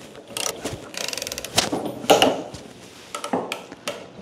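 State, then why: Torque reached. A torque wrench set to up to 120 Nm tightens the clamping spindle of a 5-axis machine vise holding a workpiece. Repeated ratcheting turns lead to a sharp click at 2.2 s, which marks the setting as complete. A few more ratchet-like sounds follow.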